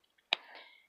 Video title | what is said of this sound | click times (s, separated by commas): How to change Comcast xfinity R15 remote control batteries | slide it down until it snaps nice and tight and your back pieces on you | 0.3 s